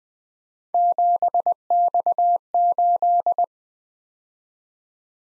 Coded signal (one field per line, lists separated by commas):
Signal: Morse code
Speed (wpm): 20 wpm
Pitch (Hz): 700 Hz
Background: none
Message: 7X8